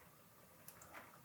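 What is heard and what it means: A 12V high-power GPU power cable plug is pushed fully into its socket on a power supply, over a low steady background hiss. A sharp click sounds at 0.7 s as it seats, the gap disappears and the connector sinks slightly into the PSU housing. The connector is fully seated, as it should be, since a partly seated one can cause performance issues or fires.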